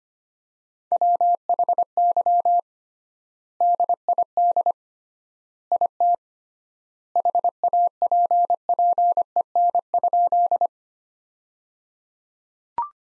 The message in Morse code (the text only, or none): WHY DID IT HAPPEN?